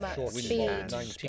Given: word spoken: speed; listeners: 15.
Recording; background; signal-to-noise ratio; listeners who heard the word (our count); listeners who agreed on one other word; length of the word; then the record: one English word in noise, from a listening test; four-talker babble; -0.5 dB; 0 of 15; 7 of 15; 0.88 s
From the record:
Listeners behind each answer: 7, 6, 1, 1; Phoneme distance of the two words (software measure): 17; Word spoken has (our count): 1 syllable, 4 phonemes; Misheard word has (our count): 1 syllable, 3 phonemes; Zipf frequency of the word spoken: 4.91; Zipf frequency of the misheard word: 4.69